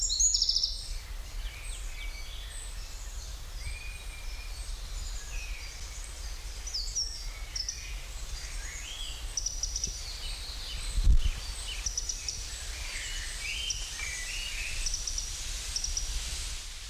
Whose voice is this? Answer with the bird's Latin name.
Troglodytes troglodytes